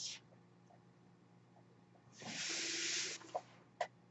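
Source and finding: Home mechanical ventilator. Mechanical ventilator sound.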